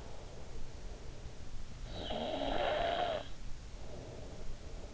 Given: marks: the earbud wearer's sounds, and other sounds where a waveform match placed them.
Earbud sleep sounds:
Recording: sounds in sleep by an in-ear microphone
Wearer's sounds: snoring breath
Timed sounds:
1.60-4.86 s: snoring breath

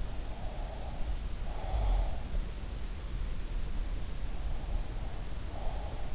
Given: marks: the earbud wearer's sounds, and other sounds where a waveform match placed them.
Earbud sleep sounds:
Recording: sounds in sleep by an in-ear microphone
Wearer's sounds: breath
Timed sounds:
0.05-2.20 s: breath
4.41-6.15 s: breath

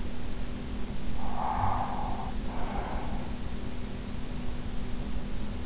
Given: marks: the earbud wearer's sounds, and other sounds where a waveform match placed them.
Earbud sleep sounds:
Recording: sounds in sleep by an in-ear microphone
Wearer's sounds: breath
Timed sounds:
0.92-3.64 s: breath

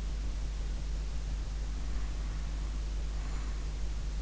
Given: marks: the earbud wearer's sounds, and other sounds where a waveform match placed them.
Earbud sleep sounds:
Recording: sounds in sleep by an in-ear microphone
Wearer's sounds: breath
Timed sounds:
1.85-3.66 s: breath

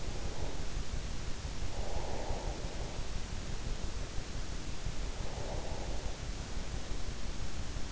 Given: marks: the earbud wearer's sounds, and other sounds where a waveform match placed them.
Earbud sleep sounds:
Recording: sounds in sleep by an in-ear microphone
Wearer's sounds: breath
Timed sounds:
1.76-3.24 s: breath
5.31-6.19 s: breath

